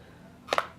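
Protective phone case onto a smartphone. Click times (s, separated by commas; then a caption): 0.5 s, 0.6 s. A Nomad leather rugged case with TPU rubberized sides and a microfiber-lined back is fitted onto an iPhone XS / MAX, volume-button side first, then the other side is pressed in. Two sharp snaps are heard at 0.5 s and 0.6 s, and the case pops into place, seated.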